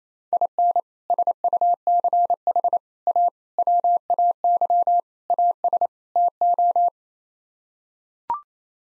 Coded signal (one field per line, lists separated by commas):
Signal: Morse code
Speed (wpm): 27 wpm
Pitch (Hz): 700 Hz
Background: none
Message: IN SUCH A WAY AS TO